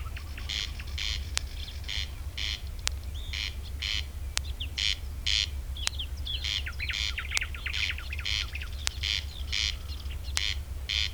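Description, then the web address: Corn crake: repeated grating crex-crex from a corn crake, rhythmic paired rasps throughout, mixed with twittering from other birds and occasional sharp clicks. Recorded 3 June 2016. "fagelljud 20160603 kornknarr"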